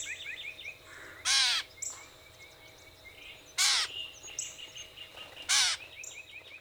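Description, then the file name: Gray catbird uttering three loud, drawn-out cat-like mews, with thin twittering of other birds and low background hum. Recorded on 14 April 2018; a series of mew calls. "2018-04-14 GRCA-16 Mews"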